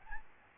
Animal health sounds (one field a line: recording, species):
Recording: mosquito wingbeat signal from an infrared sensor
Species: Aedes albopictus